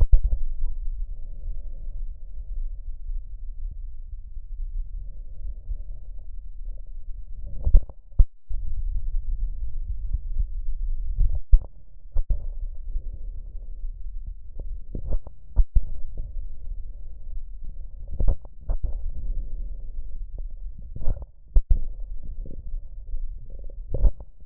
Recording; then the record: lung sounds by stethoscope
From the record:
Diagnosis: chronic bronchitis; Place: left posterior upper chest